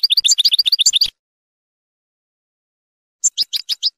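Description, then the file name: Finch trill: a fast run of high, regularly repeated chirping notes lasting about a second, silence, then a shorter series of a few sharp chirps. "sound finch mouth moghom"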